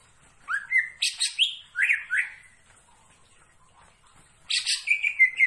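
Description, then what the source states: Greater green leafbird producing two short bursts of upslurred and downslurred whistles, with a quiet pause of about two seconds between them. Singing actively; described as "gacor".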